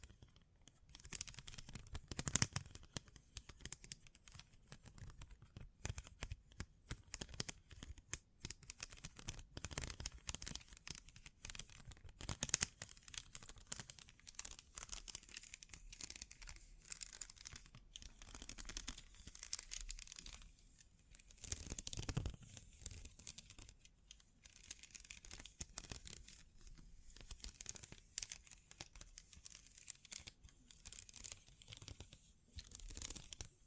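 Bling Bling Triggers: a dense run of small crinkling and tearing sounds, bright and scratchy, with quick irregular taps and rustles throughout. A few louder bursts stand out near 2, 12 and 22 seconds, while a soft low rumble sits underneath.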